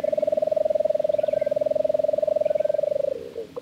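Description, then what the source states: Lesser Nighthawk giving a long, low, even trill of rapid pulses for about three seconds, then breaking off into a few softer notes. Drawn-out trill, heard just after sunset in a dry, sandy arroyo with mesquite, yucca and cactus in the desert southwest.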